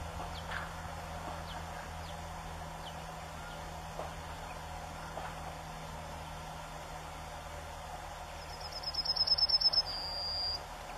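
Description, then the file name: Yellowhammer song near the end: a quick run of repeated thin notes, then a longer sustained final note, with faint scattered clicks and low hum. "Canto da escrevedeira amarela"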